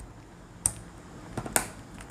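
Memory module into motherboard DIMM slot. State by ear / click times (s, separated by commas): seated / 0.7 s, 1.6 s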